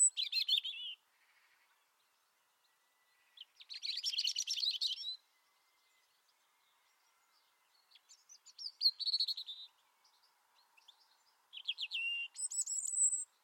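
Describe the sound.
European Robin song: short high warbled phrases of thin notes and trills, separated by pauses of a few seconds, ending on a high sustained whistle.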